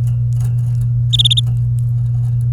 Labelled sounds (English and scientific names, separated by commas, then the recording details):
Domestic Canary (Serinus canaria) song
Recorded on 24 April 2018 at 10:22
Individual llb3